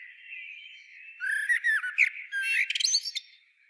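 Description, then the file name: Eurasian blackbird song: a fluting warble that rises into a burst of high, squeaky twittering notes. "Turdus merula"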